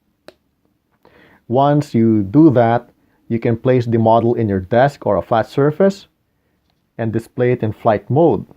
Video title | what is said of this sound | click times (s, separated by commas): Hot Wheels Star Wars First Order Tie Fighter 2 | the bottom into the hole of the model gently pressing it until it clicks once | 0.3 s